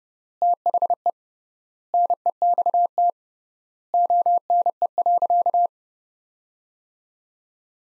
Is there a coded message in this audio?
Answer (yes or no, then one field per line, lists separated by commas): yes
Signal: Morse code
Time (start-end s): 0.4-5.7 s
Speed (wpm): 30 wpm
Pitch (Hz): 700 Hz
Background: none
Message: THE NEXT ONE.